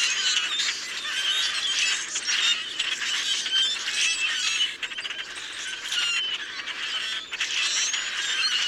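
Many Common grackles calling at the same time, a rough, squeaky, churning chorus with two brief dips in loudness.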